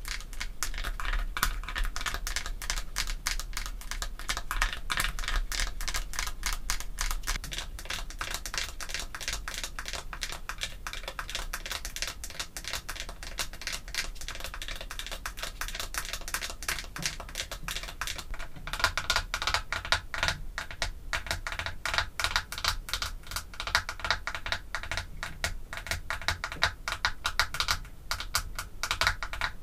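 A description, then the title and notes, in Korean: Artificial fingernails tap rapidly on perfume bottles and lids, making a dense, bright patter of crisp clicks that runs without pause for the whole 30 seconds. Around 19 seconds the taps grow sharper and louder. A faint low hum sits underneath. 인조손톱 태핑. 향수, 뚜껑 등.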